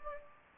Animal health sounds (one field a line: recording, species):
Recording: mosquito wingbeat signal from an infrared sensor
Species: Anopheles gambiae